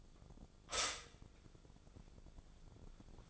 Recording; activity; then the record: daily activity, microphone in the room; stop toaster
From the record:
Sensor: 5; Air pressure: 1000.3 hPa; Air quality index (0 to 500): 126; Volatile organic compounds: 2 ppm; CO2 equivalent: 999 ppm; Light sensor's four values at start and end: 83/195/83/90 and 83/194/83/89